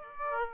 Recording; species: mosquito wingbeat signal from an infrared sensor; Aedes aegypti